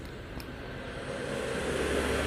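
On a Suzuki Satria F 150 motorcycle cylinder head, a valve spring is pressed down with a tool until the small metal valve keepers (collets) snap into the valve stem groove at the spring retainer. A short, sharp click at 0.4 seconds stands out over a steady background hum that slowly grows louder. The keepers seat and lock in place perfectly.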